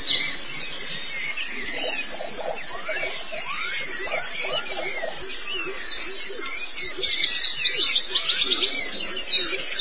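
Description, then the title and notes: White-eye song: quick high-pitched twitters and sweeping notes, run together nonstop, with lower slurred whistles beneath. "Suara kicauan burung pleci"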